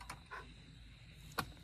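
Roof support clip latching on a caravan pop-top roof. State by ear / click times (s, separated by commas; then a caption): seated / 1.4 s. A roof support clip at the top of a Newlands Tourister 675 Double Bunk caravan's pop-top roof is pushed upward with a tool during setup. After a couple of faint knocks near the start and a quiet stretch, a short, sharp click sounds at 1.4 s as the clip latches into place.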